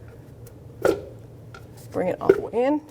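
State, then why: Not seated. A rubber inner tie rod boot on a 2011–2017 Honda Odyssey is handled and pushed in toward the steering rack housing, with a sharp knock around 0.9 s and faint ticks at 0.1, 0.5 and 1.6 s. Someone talks near the end. Nothing has seated or clicked yet.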